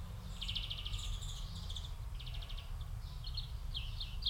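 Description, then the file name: European greenfinch trilled twitters and buzzy rattles in quick series, partly masked by strong low-pitched rumbling noise. "Chloris chloris"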